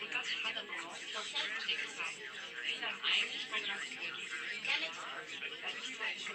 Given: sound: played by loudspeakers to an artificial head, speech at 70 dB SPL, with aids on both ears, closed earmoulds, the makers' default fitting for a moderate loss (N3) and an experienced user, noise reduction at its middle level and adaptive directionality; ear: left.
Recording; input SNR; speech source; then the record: speech test signal (ISTS) in cocktail-party noise; -6 dB; on the right (90 degrees)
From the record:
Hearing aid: class 1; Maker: I